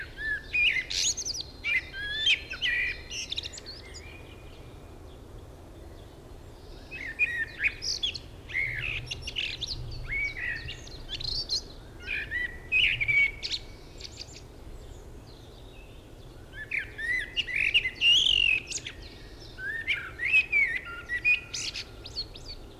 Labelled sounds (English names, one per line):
Common Blackbird song